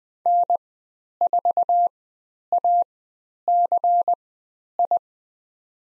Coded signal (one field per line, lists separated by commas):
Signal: Morse code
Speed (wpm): 20 wpm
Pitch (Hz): 700 Hz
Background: none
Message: N4ACI